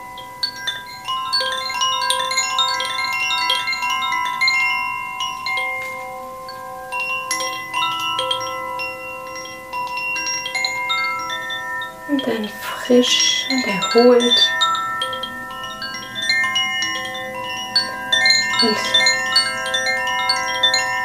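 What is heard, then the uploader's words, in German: Crystal singing bowls ring out in overlapping, long sustained tones, each struck note hanging and layering with the others into a shimmering, steady wash. Around 12 to 14 seconds and again near 19 seconds, brief voice-like sounds break in over the ringing. Geführte Klangschalenmeditation.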